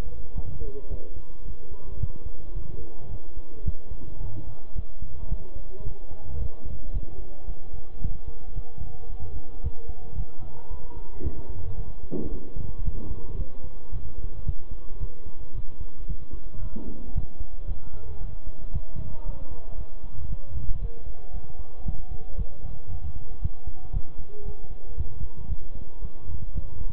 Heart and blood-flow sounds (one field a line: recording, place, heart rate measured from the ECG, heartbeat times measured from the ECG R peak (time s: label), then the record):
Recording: heart sounds by stethoscope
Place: between the tricuspid and mitral areas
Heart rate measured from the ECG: 112 bpm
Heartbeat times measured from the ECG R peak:
0.36 s: heartbeat
0.90 s: heartbeat
1.46 s: heartbeat
2.00 s: heartbeat
2.55 s: heartbeat
3.11 s: heartbeat
3.66 s: heartbeat
4.21 s: heartbeat
4.76 s: heartbeat
5.31 s: heartbeat
5.85 s: heartbeat
6.40 s: heartbeat
6.93 s: heartbeat
7.48 s: heartbeat
8.02 s: heartbeat
8.56 s: heartbeat
9.10 s: heartbeat
9.64 s: heartbeat
10.17 s: heartbeat
10.71 s: heartbeat
11.24 s: heartbeat
11.78 s: heartbeat
12.31 s: heartbeat
12.85 s: heartbeat
13.38 s: heartbeat
13.92 s: heartbeat
14.46 s: heartbeat
15.01 s: heartbeat
15.55 s: heartbeat
16.09 s: heartbeat
16.62 s: heartbeat
17.16 s: heartbeat
17.68 s: heartbeat
18.21 s: heartbeat
18.74 s: heartbeat
19.26 s: heartbeat
19.78 s: heartbeat
20.30 s: heartbeat
20.82 s: heartbeat
21.34 s: heartbeat
21.86 s: heartbeat
22.38 s: heartbeat
22.90 s: heartbeat
23.42 s: heartbeat
23.94 s: heartbeat
24.46 s: heartbeat
24.98 s: heartbeat
25.49 s: heartbeat
26.02 s: heartbeat
26.55 s: heartbeat
From the record:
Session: bicycle stress test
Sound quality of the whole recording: good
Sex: male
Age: 23 years